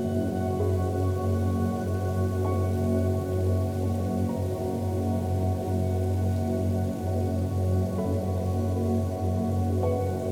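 Soft rain falls steadily over a low, sustained hum of deep tones that holds from start to finish. The sound is dense and even, with a warm rumble underneath and a faint patter on top, broken only by a few light taps near the middle and end.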